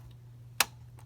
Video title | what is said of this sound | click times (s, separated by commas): LEGO Star Wars Hammerhead Corvette MOC by me In Depth Look | i just love that click it closes so well | 0.6 s